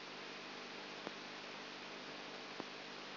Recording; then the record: brain microelectrode recording played as sound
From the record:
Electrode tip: outside the subthalamic nucleus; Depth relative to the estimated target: 3 mm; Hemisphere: left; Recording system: AlphaMap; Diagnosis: Parkinson's disease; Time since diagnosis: 12 years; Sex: female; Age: 59 years